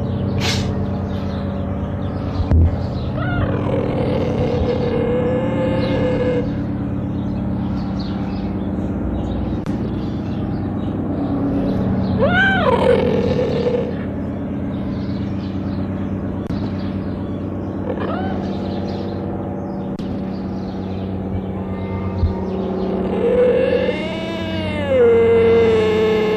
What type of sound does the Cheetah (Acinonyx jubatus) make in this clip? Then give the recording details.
call. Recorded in captivity. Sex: male. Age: adult. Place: Zoo Halle, Sachsen-Anhalt, DE. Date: 1977-10-13 11:45. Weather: sonnig, ca. 18°C. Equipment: Nagra SN, Kopie Uher 4000 Report Monitor. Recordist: Tembrock, Günter